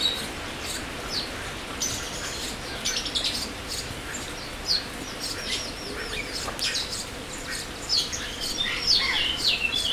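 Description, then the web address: Birds chirping rapidly, a busy run of short high tweets and squawks, livelier in the last seconds, over background hiss. Birds in an aviary at Jászberény Zoo, recorded in 2016. "allathangok jaszberenyizoo 2016 professzionalis madarak ropde"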